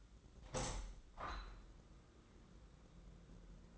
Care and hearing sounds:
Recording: daily activity, microphone in the room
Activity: open window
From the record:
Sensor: 3

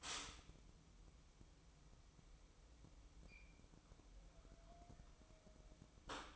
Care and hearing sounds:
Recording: daily activity, microphone in the room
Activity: stop toaster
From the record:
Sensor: 1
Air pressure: 1007.1 hPa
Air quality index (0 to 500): 74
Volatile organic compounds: 1 ppm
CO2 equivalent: 655 ppm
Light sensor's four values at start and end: 8/19/8/9 and 8/19/8/8

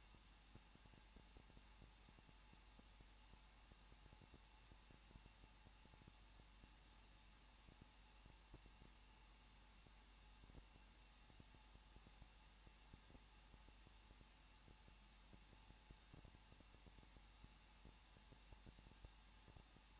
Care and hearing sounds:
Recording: daily activity, microphone in the room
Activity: no activity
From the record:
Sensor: 1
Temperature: 20.1 degrees Celsius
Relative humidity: 39.1%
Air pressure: 1006.5 hPa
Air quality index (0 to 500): 216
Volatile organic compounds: 72 ppm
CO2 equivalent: 3538 ppm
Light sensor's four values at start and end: 1/2/1/1 and 1/2/1/1

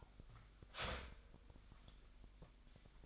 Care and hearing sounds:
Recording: daily activity, microphone in the room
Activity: start toaster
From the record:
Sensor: 5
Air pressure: 1002.0 hPa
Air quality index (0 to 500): 205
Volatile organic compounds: 19 ppm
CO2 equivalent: 2648 ppm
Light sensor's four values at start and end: 34/109/41/44 and 34/108/41/44

